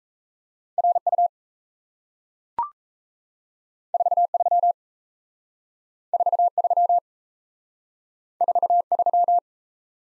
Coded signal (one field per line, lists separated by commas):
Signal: Morse code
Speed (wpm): 38 wpm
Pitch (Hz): 700 Hz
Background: none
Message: RU 43 43 43